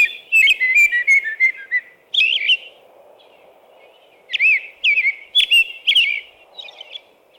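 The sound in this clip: American robin song: a fast run of whistled phrases, a short phrase, a pause, then more varied caroling notes; soft hum underneath.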